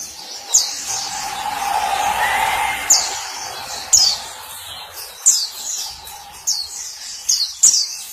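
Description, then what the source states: White-eye song, short bursts of high sharp twittering notes at irregular intervals. Sweet long song.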